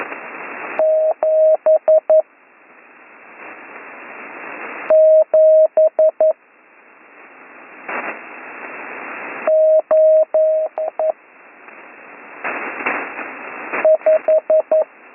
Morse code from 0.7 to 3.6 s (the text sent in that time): 7